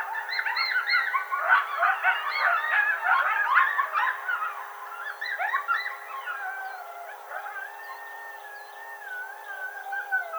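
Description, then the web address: Coyote group chorus of excited yips and yelps, thinning out into a long, wavering howl that bends up and down toward the end. Howl, recorded 10 May 2007. "Coyote 2007 05 10 howl"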